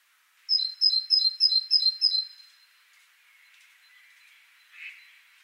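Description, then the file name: Great tit singing: a quick run of several high, clear two-note phrases, each stepping down in pitch, over about two seconds. "Parus major"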